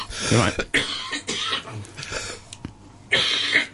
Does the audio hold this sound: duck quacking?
no